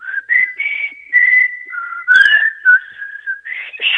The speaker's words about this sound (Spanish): Qué lindo que se escucha. Sí, sí, porque se escucha como un chiflido y un silbido. Como un silbido.